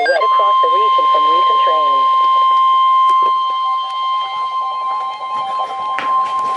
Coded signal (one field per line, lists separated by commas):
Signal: Emergency Alert System (SAME) tones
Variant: 1050 Hz attention tone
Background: speech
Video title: NOAA - Flash Flood Watch (EAS #801)